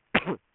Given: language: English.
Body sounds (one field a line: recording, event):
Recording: throat vibration sensor signal played as sound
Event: cough